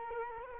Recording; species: mosquito wingbeat signal from an infrared sensor; Culex quinquefasciatus